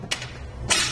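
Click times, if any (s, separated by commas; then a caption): 0.1 s. A RockyMounts MonoRail two-bike hitch-mounted rack platform on a 2015 Toyota RAV4 is folded up into its upright stowed position on the rack mast, where it latches by itself with no pins or clips needed. A single sharp click is heard at 0.1 s, followed by a longer, broader noise from about 0.7 s to the end. The platform is seated and locked upright.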